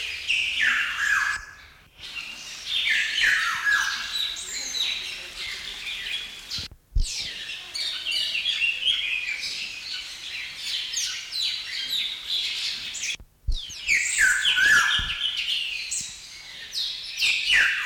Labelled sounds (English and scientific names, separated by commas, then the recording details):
Black-naped Oriole (Oriolus chinensis)
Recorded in captivity
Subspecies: celebensis
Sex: male
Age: adult
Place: Zoo Berlin, Berlin, DE
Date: 1993-10-16
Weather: heiter,3-8°C
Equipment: Marantz CP 430, Sennheiser MKH 416 T, Kopie Uher Variocord 263
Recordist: Tembrock, Günter